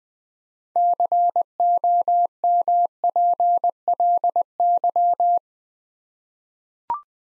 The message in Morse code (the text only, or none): COMPLY